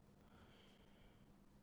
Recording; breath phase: one breath near a microphone; inhalation